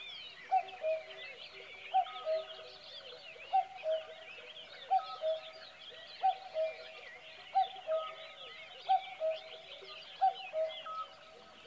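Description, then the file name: Cuckoo repeating a gentle two-note cu-ckoo, the second note lower, eight or so times over a constant background of chattering birds. "minutes of cuckoos"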